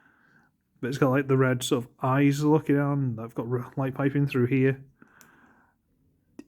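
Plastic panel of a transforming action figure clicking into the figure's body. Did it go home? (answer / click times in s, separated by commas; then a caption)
yes / 6.4 s. A plastic panel on a transforming action figure's vehicle mode, near its light-piped red eyes, is snapped back into the figure's body. Someone talks, then after a few faint ticks the panel clicks into place at 6.4 seconds, seated.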